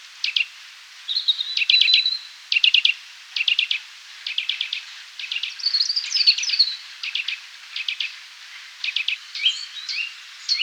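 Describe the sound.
Eurasian nuthatch giving repeated quick clusters of sharp, high notes, mixed with brief whistled and twittering phrases.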